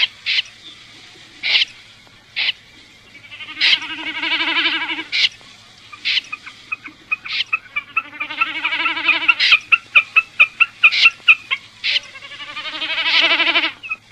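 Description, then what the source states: Common snipe with alternating nasal buzzy phrases and sharp clipped notes, with a quickening run of ticks before a final buzzy phrase. Filtered audio.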